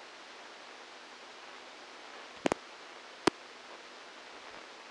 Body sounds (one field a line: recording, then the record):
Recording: brain microelectrode recording played as sound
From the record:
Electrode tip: outside the subthalamic nucleus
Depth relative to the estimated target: -3 mm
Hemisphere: left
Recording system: NeuroSet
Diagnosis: Parkinson's disease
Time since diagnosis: 12 years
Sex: male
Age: 61 years